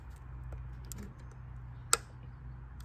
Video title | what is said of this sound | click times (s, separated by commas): Old tools that work & New tools that don’t | I'll do this one back so you can hear it you'll hear this click | 1.9 s